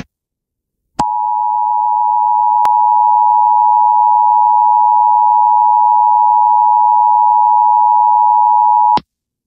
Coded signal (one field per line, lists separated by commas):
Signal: Emergency Alert System (SAME) tones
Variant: 853 and 960 Hz attention tone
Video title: Svr eas#154